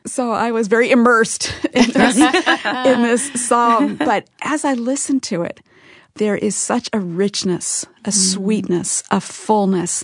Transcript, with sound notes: So I was very “immersed” in this psalm! (laughter) But as I listen to it, there is such a richness, a sweetness, a fullness.